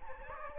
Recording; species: mosquito wingbeat signal from an infrared sensor; Aedes aegypti